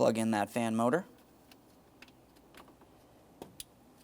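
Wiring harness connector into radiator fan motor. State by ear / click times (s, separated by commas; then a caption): seated / 3.6 s. A plastic wiring harness connector is plugged into the radiator fan motor on the driver's side of a 2014-2018 Mazda 3 during replacement of the dual radiator and condenser fan assembly. Someone talks briefly, then faint small knocks and ticks follow as the connector is pressed in. A sharp click at 3.6 s marks the connector latching into place on the fan motor.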